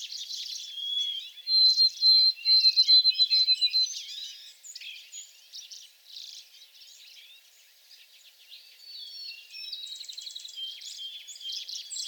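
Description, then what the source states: White-throated sparrow song, a clear whistle leading into quick repeated high notes, then a mix of other birds chirping and trilling. Recorded 28 April 2022 in shrubs at the back.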